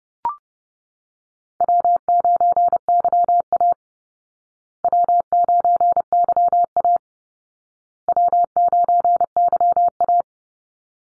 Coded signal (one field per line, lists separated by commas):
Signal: Morse code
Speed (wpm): 30 wpm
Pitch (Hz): 700 Hz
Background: none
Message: W9YA W9YA W9YA